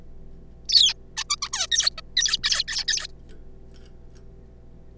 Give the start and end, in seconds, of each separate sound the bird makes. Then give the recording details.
0.69-0.94, 1.17-1.24, 1.30-1.36, 1.42-1.48, 1.53-1.67, 1.71-1.90, 1.98-2.01, 2.17-2.37, 2.44-2.64, 2.68-2.84, 2.88-3.08. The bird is a juvenile. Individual R3549